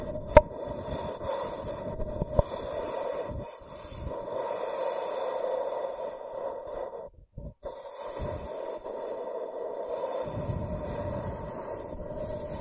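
Scratching and tracing across a surface, a steady raspy rubbing with a dull, mid-pitched hum running under it. Sharp ticks cut in near the start and again around two seconds, and the scraping briefly stops just past seven seconds before resuming.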